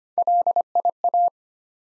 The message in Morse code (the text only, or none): LIA